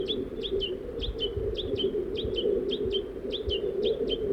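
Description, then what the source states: Crossbill calls, crisp chirps often in pairs, repeated steadily, with a steady low hum behind. Female and juvenile crossbill, feeding.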